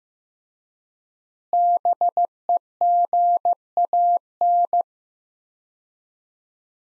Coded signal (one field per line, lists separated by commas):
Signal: Morse code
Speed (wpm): 15 wpm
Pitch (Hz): 700 Hz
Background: none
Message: BEGAN